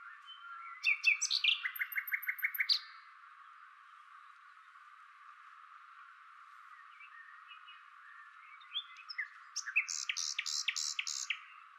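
Common nightingale singing: a brisk run of repeated mid-pitched notes, a quiet pause of several seconds, then a second burst of loud, rapidly repeated high notes.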